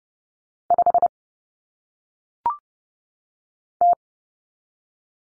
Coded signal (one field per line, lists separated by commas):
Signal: Morse code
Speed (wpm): 30 wpm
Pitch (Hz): 700 Hz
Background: none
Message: 5 T